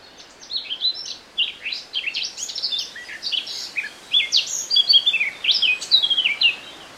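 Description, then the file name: Eurasian blackcap song, a varied, rapid warble of bright, fluty and scratchy notes rising and falling, delivered in quick bursts over a faint background hiss. "Sylvia atricapilla"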